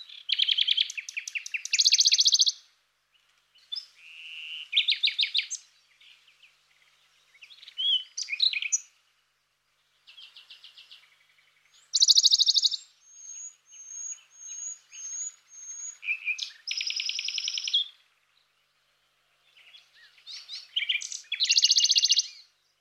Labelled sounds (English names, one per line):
Western Bonelli's Warbler song